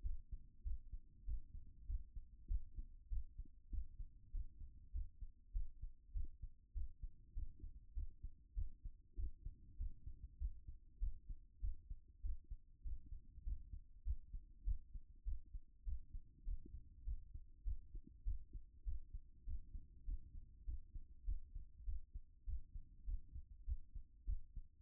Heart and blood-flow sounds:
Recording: heart sounds by stethoscope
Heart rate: 99 bpm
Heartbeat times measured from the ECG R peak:
0.02 s: heartbeat
0.63 s: heartbeat
1.25 s: heartbeat
1.86 s: heartbeat
2.47 s: heartbeat
3.09 s: heartbeat
3.70 s: heartbeat
4.31 s: heartbeat
4.92 s: heartbeat
5.52 s: heartbeat
6.13 s: heartbeat
6.73 s: heartbeat
7.34 s: heartbeat
7.94 s: heartbeat
8.54 s: heartbeat
9.16 s: heartbeat
9.77 s: heartbeat
10.38 s: heartbeat
10.99 s: heartbeat
11.60 s: heartbeat
12.22 s: heartbeat
12.83 s: heartbeat
13.43 s: heartbeat
14.04 s: heartbeat
14.64 s: heartbeat
15.24 s: heartbeat
15.84 s: heartbeat
16.44 s: heartbeat
17.04 s: heartbeat
17.64 s: heartbeat
18.24 s: heartbeat
18.84 s: heartbeat
19.45 s: heartbeat
20.05 s: heartbeat
20.65 s: heartbeat
21.25 s: heartbeat
21.85 s: heartbeat
22.45 s: heartbeat
23.05 s: heartbeat
23.65 s: heartbeat
24.25 s: heartbeat
From the record:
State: after exercise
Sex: female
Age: 50 years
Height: 170 cm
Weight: 70 kg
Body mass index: 24.22

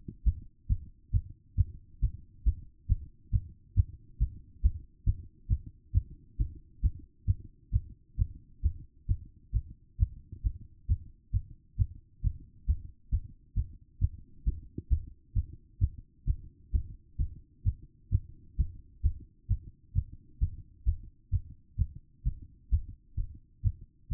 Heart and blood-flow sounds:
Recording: heart sounds by stethoscope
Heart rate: 134 bpm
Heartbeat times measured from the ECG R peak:
0.24 s: heartbeat
0.68 s: heartbeat
1.11 s: heartbeat
1.56 s: heartbeat
2.00 s: heartbeat
2.44 s: heartbeat
2.87 s: heartbeat
3.31 s: heartbeat
3.75 s: heartbeat
4.18 s: heartbeat
4.62 s: heartbeat
5.05 s: heartbeat
5.48 s: heartbeat
5.92 s: heartbeat
6.37 s: heartbeat
6.81 s: heartbeat
7.26 s: heartbeat
7.71 s: heartbeat
8.17 s: heartbeat
8.62 s: heartbeat
9.07 s: heartbeat
9.52 s: heartbeat
9.98 s: heartbeat
10.42 s: heartbeat
10.87 s: heartbeat
11.32 s: heartbeat
11.77 s: heartbeat
12.22 s: heartbeat
12.66 s: heartbeat
13.10 s: heartbeat
13.54 s: heartbeat
13.99 s: heartbeat
14.44 s: heartbeat
14.89 s: heartbeat
15.34 s: heartbeat
15.79 s: heartbeat
16.25 s: heartbeat
16.71 s: heartbeat
17.17 s: heartbeat
17.64 s: heartbeat
18.10 s: heartbeat
18.56 s: heartbeat
19.02 s: heartbeat
19.48 s: heartbeat
19.93 s: heartbeat
20.39 s: heartbeat
20.85 s: heartbeat
21.30 s: heartbeat
21.76 s: heartbeat
22.23 s: heartbeat
22.70 s: heartbeat
23.16 s: heartbeat
23.62 s: heartbeat
24.09 s: heartbeat
From the record:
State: after exercise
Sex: female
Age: 27 years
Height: 169 cm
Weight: 63 kg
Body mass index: 22.06

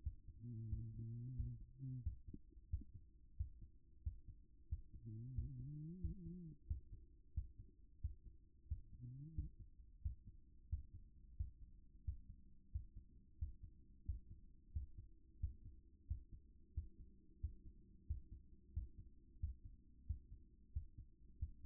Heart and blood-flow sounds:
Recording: heart sounds by stethoscope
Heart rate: 90 bpm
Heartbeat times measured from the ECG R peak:
0.03 s: heartbeat
0.68 s: heartbeat
1.36 s: heartbeat
2.03 s: heartbeat
2.70 s: heartbeat
3.36 s: heartbeat
4.03 s: heartbeat
4.68 s: heartbeat
5.34 s: heartbeat
6.01 s: heartbeat
6.67 s: heartbeat
7.34 s: heartbeat
8.01 s: heartbeat
8.68 s: heartbeat
9.34 s: heartbeat
10.02 s: heartbeat
10.69 s: heartbeat
11.36 s: heartbeat
12.04 s: heartbeat
12.71 s: heartbeat
13.38 s: heartbeat
14.05 s: heartbeat
14.72 s: heartbeat
15.40 s: heartbeat
16.07 s: heartbeat
16.74 s: heartbeat
17.40 s: heartbeat
18.06 s: heartbeat
18.73 s: heartbeat
19.40 s: heartbeat
20.06 s: heartbeat
20.73 s: heartbeat
21.39 s: heartbeat
From the record:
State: at rest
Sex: male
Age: 53 years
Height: 175 cm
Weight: 88 kg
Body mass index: 28.73

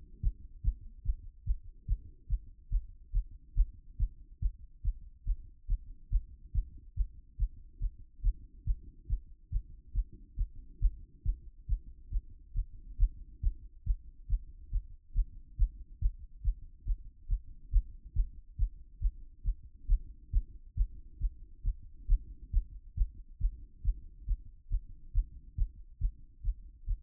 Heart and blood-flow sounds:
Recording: heart sounds by stethoscope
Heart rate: 140 bpm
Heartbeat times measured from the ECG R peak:
0.20 s: heartbeat
0.61 s: heartbeat
1.03 s: heartbeat
1.44 s: heartbeat
1.85 s: heartbeat
2.27 s: heartbeat
2.69 s: heartbeat
3.11 s: heartbeat
3.54 s: heartbeat
3.97 s: heartbeat
4.39 s: heartbeat
4.82 s: heartbeat
5.24 s: heartbeat
5.67 s: heartbeat
6.09 s: heartbeat
6.52 s: heartbeat
6.94 s: heartbeat
7.37 s: heartbeat
7.79 s: heartbeat
8.21 s: heartbeat
8.64 s: heartbeat
9.07 s: heartbeat
9.49 s: heartbeat
9.92 s: heartbeat
10.36 s: heartbeat
10.79 s: heartbeat
11.23 s: heartbeat
11.66 s: heartbeat
12.10 s: heartbeat
12.53 s: heartbeat
12.97 s: heartbeat
13.40 s: heartbeat
13.84 s: heartbeat
14.27 s: heartbeat
14.70 s: heartbeat
15.13 s: heartbeat
15.56 s: heartbeat
15.99 s: heartbeat
16.42 s: heartbeat
16.85 s: heartbeat
17.27 s: heartbeat
17.70 s: heartbeat
18.13 s: heartbeat
18.56 s: heartbeat
18.99 s: heartbeat
19.43 s: heartbeat
19.86 s: heartbeat
20.30 s: heartbeat
20.74 s: heartbeat
21.18 s: heartbeat
21.62 s: heartbeat
22.07 s: heartbeat
22.51 s: heartbeat
22.94 s: heartbeat
23.38 s: heartbeat
23.82 s: heartbeat
24.25 s: heartbeat
24.69 s: heartbeat
25.12 s: heartbeat
25.55 s: heartbeat
25.98 s: heartbeat
26.42 s: heartbeat
26.85 s: heartbeat
From the record:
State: after exercise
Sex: male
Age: 37 years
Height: 170 cm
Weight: 86 kg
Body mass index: 29.76

